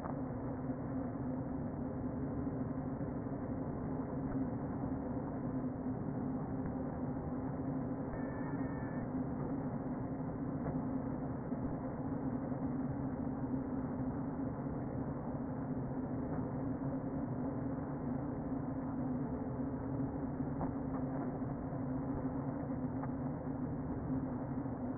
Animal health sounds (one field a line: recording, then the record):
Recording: honeybee colony, microphone inside the hive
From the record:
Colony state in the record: queen present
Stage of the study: before two queens were removed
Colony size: about 60,000 bees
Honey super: yes